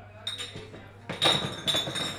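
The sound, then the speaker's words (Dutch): Glasses clink together in a few bright, ringing taps, their high tones lingering briefly over a low steady hum and faint background murmur. “Maar met een glaasje. Dus ik zie de glaasjes.”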